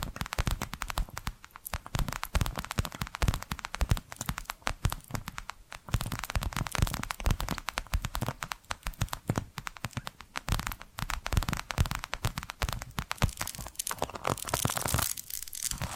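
Rapid tapping and scratching runs continuously through the whole sixteen seconds, a dense patter of sharp, crisp clicks with little pause. The texture stays fairly even and bright, with brief thinner moments around the middle and near the end, and a faint steady high tone beneath.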